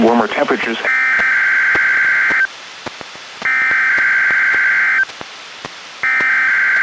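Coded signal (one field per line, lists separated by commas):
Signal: Emergency Alert System (SAME) tones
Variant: header bursts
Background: speech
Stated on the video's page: NOAA Weather Radio Required Weekly Test from NWS Spokane, relayed by WXM48 in Wenatchee, received on a Reecom R-1630 weather radio.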